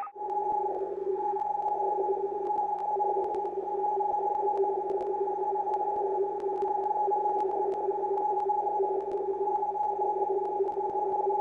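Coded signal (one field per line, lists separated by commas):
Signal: RTTY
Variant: 50 baud, 450 Hz shift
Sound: continuous fast warbling between two tones, with occasional static crackles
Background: radio static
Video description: DDK 2 em 4.583 Khz, transmite informações de tempo com 1Kw de potência no modo rtty 50.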